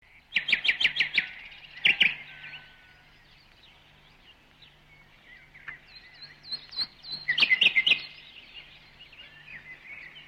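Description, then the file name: Bird song with a fast burst of high, chipping notes at the start, then softer twittering and a second quick trill of bright notes later; a low steady hum underneath. "vogel"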